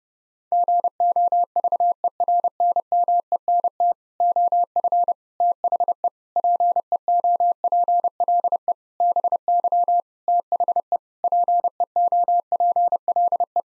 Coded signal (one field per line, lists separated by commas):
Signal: Morse code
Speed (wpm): 30 wpm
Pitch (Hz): 700 Hz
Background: none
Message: GOVERNMENT OF THE PEOPLE BY THE PEOPLE